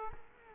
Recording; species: mosquito wingbeat signal from an infrared sensor; Culex quinquefasciatus